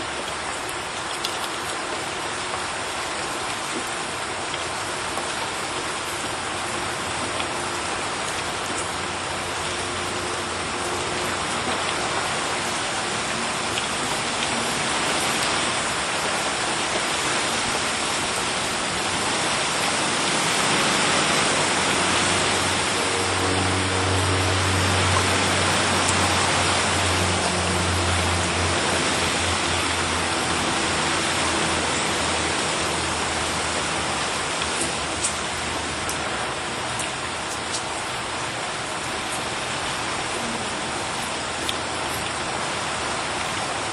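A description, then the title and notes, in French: Rain falls steadily in a small village in Mayenne, a dense, even hiss that barely changes over the whole stretch. Around the middle, from roughly twenty to thirty seconds, a low rumble swells and fades, like a vehicle passing, and the rain grows slightly louder. Pluie apaisante en Mayenne. Un son réel de pluie en Mayenne dans un petit village.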